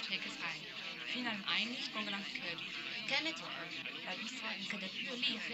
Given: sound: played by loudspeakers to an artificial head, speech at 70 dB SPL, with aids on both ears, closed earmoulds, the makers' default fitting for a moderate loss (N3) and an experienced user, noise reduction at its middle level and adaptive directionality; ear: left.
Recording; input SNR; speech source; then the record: speech test signal (ISTS) in cocktail-party noise; +3 dB; in front (0 degrees)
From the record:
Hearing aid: class 1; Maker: D